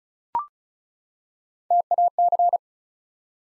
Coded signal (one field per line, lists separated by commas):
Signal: Morse code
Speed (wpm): 36 wpm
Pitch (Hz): 700 Hz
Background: none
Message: TAC